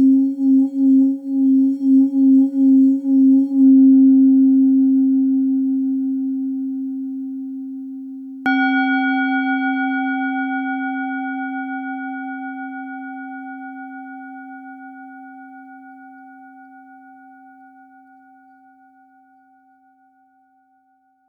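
Crystal singing bowls ring low and pulsing, fading slowly; around eight seconds a brighter bowl is struck and its clear tone decays to the end.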